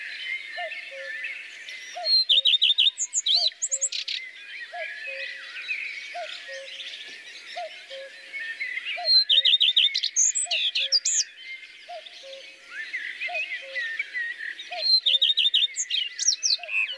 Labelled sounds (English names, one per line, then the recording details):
Common Redstart song
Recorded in the wild
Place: Oberrotweil am Kaiserstuhl, Baden-Württemberg, DE
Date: 1982-05-08
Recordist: Schwarz, Dieter